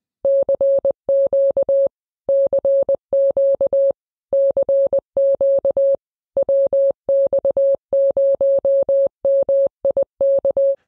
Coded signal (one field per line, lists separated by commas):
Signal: Morse code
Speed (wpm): 20 wpm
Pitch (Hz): 550 Hz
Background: none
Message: CQ CQ CQ WX0MIK